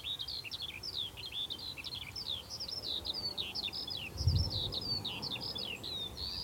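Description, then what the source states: Skylark singing a fast, unbroken stream of high chirps and whistles, steady throughout, over a low rumble of wind and a brief louder thump partway through. Plenty of skylarks singing on a chilly, quiet hilltop in West Dorset, England; their song is thrown wide and far.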